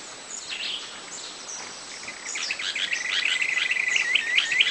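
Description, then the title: Planalto tyrannulet song: a quick series of sharp, hooked high notes toward the end, over a noisy background. "LuckyPassaro Completos2Sama. Planalto Tyrannulet (Phyllomyias fasciatus)"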